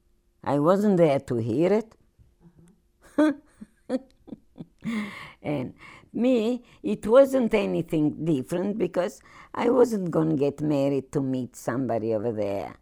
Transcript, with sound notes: I wasn't there to hear it. Huh! ( she laughs ) And me, it wasn't anything different, because I wasn't going to get married to meet somebody over there,